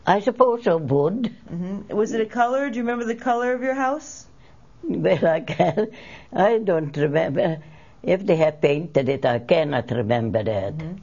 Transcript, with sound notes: I suppose of wood.
Was it a color? Do you remember the color of your house?
( she laughs ) Well, I can't. I don't remember. If they had painted it, I cannot remember that.